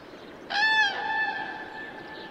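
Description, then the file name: Common crane call: a single harsh, resonant note with a sudden onset, loudest at first, then sustained at an even pitch and slowly trailing off. "Trana"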